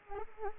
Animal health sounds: mosquito wingbeat signal from an infrared sensor; Anopheles arabiensis

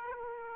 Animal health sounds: mosquito wingbeat signal from an infrared sensor; Aedes aegypti

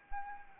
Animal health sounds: mosquito wingbeat signal from an infrared sensor; Anopheles arabiensis

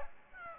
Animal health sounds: mosquito wingbeat signal from an infrared sensor; Aedes aegypti

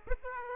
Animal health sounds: mosquito wingbeat signal from an infrared sensor; Aedes aegypti

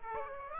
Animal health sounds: mosquito wingbeat signal from an infrared sensor; Aedes aegypti

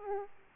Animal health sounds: mosquito wingbeat signal from an infrared sensor; Aedes aegypti

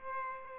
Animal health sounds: mosquito wingbeat signal from an infrared sensor; Aedes aegypti

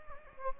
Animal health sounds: mosquito wingbeat signal from an infrared sensor; Anopheles gambiae

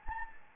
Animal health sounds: mosquito wingbeat signal from an infrared sensor; Anopheles gambiae

